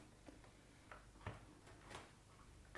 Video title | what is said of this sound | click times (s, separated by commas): iMac Display Mod - Fail | push this down clicks | 0.9 s, 1.3 s